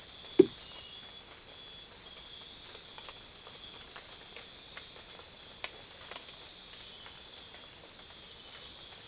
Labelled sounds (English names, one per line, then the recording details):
none
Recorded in dense forest near Puerto Asís, Putumayo, Colombia, on 20 December 2024 at 02:30
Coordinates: 0.482, -76.320
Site G021